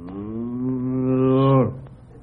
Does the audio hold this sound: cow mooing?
yes